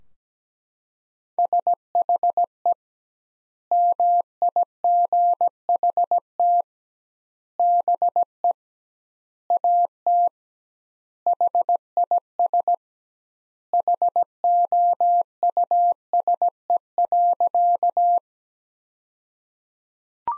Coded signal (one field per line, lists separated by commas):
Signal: Morse code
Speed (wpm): 17 wpm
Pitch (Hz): 700 Hz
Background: none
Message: SHE MIGHT BE AT HIS HOUSE.